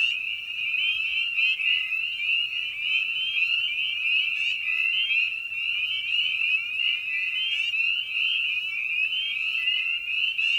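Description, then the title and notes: A spring peeper chorus, countless shrill high peeps overlapping into an unbroken, pulsing whistle throughout. Evening at a frog pond. "Episode 5: Night of the Peepers. Spring Peeper (Pseudacris crucifer)"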